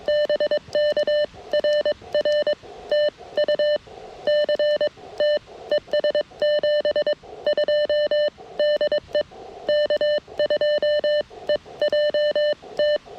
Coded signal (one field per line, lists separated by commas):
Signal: Morse code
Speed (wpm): 22 wpm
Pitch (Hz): 600 Hz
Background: none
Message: BK RR TU CT ES 72 DE K2EJT